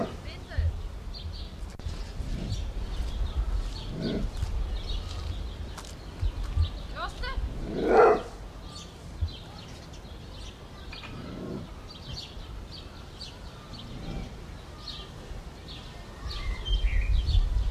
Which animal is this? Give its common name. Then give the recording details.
Maned Wolf. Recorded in captivity. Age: adult. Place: Zoo Halle, Sachsen-Anhalt, DE. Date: 1977-05-27 12:22. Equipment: Nagra SN, Kopie Uher 4200. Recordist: Tembrock, Günter. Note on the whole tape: Bellaut und Knurren gegen Pflegerin. Abstand: 20 m